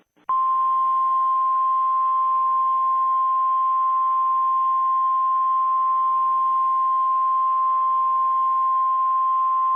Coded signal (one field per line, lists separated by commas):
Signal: Emergency Alert System (SAME) tones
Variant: 1050 Hz attention tone